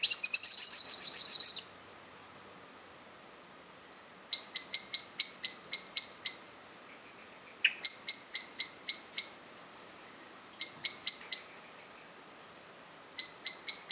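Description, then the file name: Common blackbird opening with a rapid chattering rattle, then giving short series of sharp, clicking chink notes with brief gaps between them. "Turdus merula"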